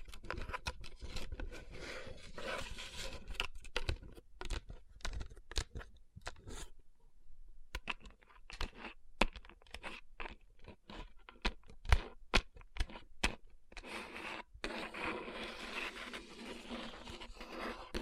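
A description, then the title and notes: Fingers tap and rub over rhinestone-covered palms, making dense scratchy rustling broken by sharp clicks. Taps come in quick irregular bursts, with a quieter pause around seven seconds, then rubbing resumes more steadily near the end with a low rumble underneath. Tapping & Rubbing Rhinestone Covered Palms.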